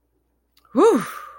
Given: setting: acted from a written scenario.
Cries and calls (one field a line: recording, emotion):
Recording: vocal sound without words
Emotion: pride